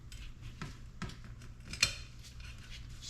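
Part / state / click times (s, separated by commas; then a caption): retaining clip into a groove in a motorcycle fork part / seated / 1.8 s. During a fork rebuild on a 1991 KX250 motorcycle, a metal retaining clip is spread slightly and pushed into its groove in a fork part. Light metallic taps and scrapes come at about 0.6 s and 1.0 s, then a sharp, bright snap at 1.8 s as the clip seats in the groove.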